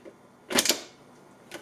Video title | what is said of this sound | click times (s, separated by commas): KitchenAid 7 Cup Food Processor Review Demo | and push it down on the base. You don't have to twist it, it just clicks into place. | 0.6 s, 0.7 s